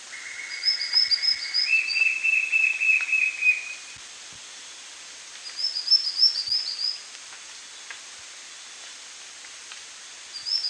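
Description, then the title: White-shouldered fire-eye: a steady whistled tone, then a fast trilled series of notes about two seconds long, with high thin chattering phrases repeated several times. "LuckyPassaro Completos2Sama. White-shouldered Fire-eye (Pyriglena leucoptera)"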